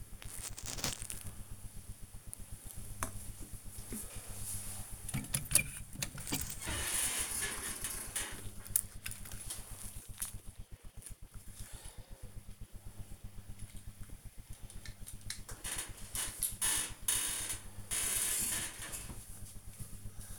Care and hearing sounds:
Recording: household activities, microphone on the right wrist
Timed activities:
0.00-20.39 s: dusting model cars

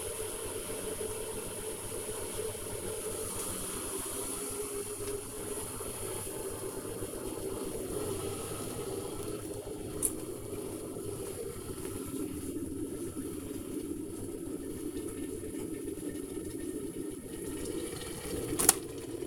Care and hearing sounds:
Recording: household activities, microphone on the right wrist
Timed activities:
0.00-19.27 s: making tea

